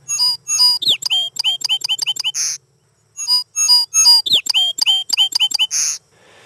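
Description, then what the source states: Song sparrow song: brisk clear notes followed by a fast series of sharp downslurred chips and a buzzy ending, the phrase given twice. Song of this species raises a listening male's testosterone within minutes and makes him more aggressive.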